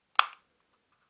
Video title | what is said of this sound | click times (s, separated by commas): Logitech G305 Lightspeed Wireless Gaming Mouse | And of course, snapping it closed. | 0.2 s